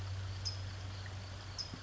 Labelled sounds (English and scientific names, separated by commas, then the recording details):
California Towhee (Melozone crissalis)
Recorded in Sonoma County, California